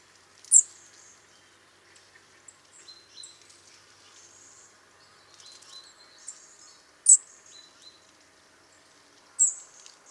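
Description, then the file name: European robin calls, a few piercing thin high notes spread throughout, with soft faint chirps in between. "Erithacus rubecula"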